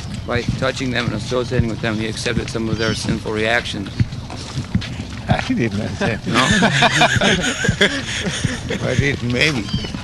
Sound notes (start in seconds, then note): 5.3 chuckles; 5.9 laughter